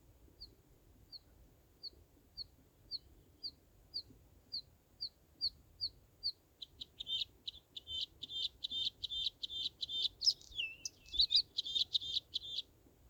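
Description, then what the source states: Bluethroat song opening with evenly spaced single high pips, then breaking into fast repeated ringing phrases with a brief descending slur. Subspecies Luscinia svecica svecica.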